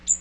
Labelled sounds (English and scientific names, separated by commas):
Magnolia Warbler (Setophaga magnolia) flight call